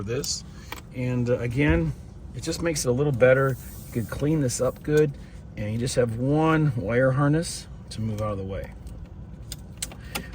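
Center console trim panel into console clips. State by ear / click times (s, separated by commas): seated / 9.5 s, 9.8 s, 10.2 s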